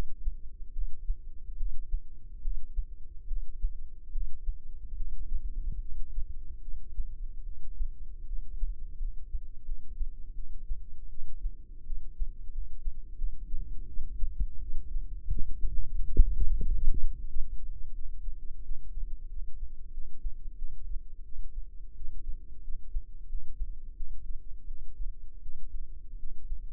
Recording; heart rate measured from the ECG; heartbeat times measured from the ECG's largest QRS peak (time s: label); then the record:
heart sounds by microphone in the left ear; 83 bpm
0.72 s: heartbeat
1.56 s: heartbeat
2.41 s: heartbeat
3.26 s: heartbeat
4.11 s: heartbeat
4.95 s: heartbeat
5.80 s: heartbeat
6.61 s: heartbeat
7.43 s: heartbeat
8.25 s: heartbeat
8.98 s: heartbeat
9.64 s: heartbeat
10.33 s: heartbeat
11.08 s: heartbeat
11.85 s: heartbeat
12.51 s: heartbeat
13.16 s: heartbeat
13.86 s: heartbeat
14.59 s: heartbeat
15.29 s: heartbeat
15.93 s: heartbeat
16.61 s: heartbeat
17.28 s: heartbeat
17.93 s: heartbeat
18.63 s: heartbeat
19.29 s: heartbeat
19.92 s: heartbeat
20.56 s: heartbeat
21.23 s: heartbeat
21.94 s: heartbeat
22.62 s: heartbeat
23.27 s: heartbeat
23.95 s: heartbeat
24.66 s: heartbeat
25.40 s: heartbeat
26.17 s: heartbeat
From the record:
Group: healthy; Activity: rest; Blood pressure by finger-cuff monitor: 113/74 mmHg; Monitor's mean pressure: 87 mmHg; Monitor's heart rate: 80 bpm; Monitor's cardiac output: 6.5 L/min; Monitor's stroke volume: 79 mL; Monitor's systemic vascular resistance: 1020 dyn s/cm5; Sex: female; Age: 19 years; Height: 163 cm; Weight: 48.9 kg